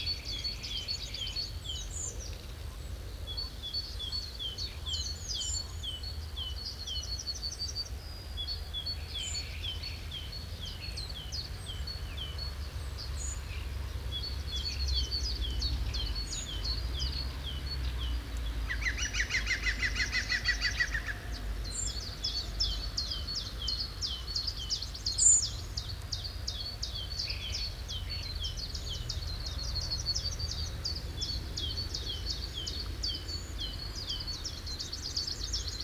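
Starlings chatter and whistle without pause, a dense overlapping stream of high rattling trills and squeaky notes. Around twenty seconds a harsher, buzzy burst stands out, and a sharp click comes near twenty-five seconds. A low steady rumble underlies everything.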